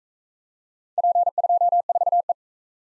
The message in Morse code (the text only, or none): P24E